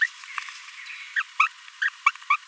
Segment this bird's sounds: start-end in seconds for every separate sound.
0.01-0.04, 1.16-1.22, 1.39-1.48, 1.82-1.89, 2.06-2.11, 2.30-2.36